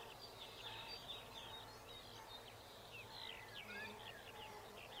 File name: birdsong robin